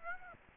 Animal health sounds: mosquito wingbeat signal from an infrared sensor; Aedes aegypti

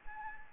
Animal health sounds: mosquito wingbeat signal from an infrared sensor; Anopheles arabiensis

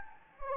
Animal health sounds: mosquito wingbeat signal from an infrared sensor; Anopheles gambiae

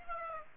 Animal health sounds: mosquito wingbeat signal from an infrared sensor; Aedes aegypti

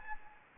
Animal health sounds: mosquito wingbeat signal from an infrared sensor; Anopheles gambiae

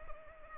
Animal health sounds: mosquito wingbeat signal from an infrared sensor; Culex pipiens

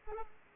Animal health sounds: mosquito wingbeat signal from an infrared sensor; Culex pipiens

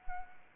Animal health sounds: mosquito wingbeat signal from an infrared sensor; Anopheles arabiensis

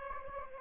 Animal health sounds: mosquito wingbeat signal from an infrared sensor; Aedes aegypti

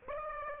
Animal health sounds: mosquito wingbeat signal from an infrared sensor; Aedes aegypti

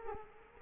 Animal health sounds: mosquito wingbeat signal from an infrared sensor; Culex quinquefasciatus

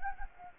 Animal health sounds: mosquito wingbeat signal from an infrared sensor; Anopheles gambiae

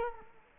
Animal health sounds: mosquito wingbeat signal from an infrared sensor; Culex quinquefasciatus

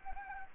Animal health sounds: mosquito wingbeat signal from an infrared sensor; Anopheles gambiae

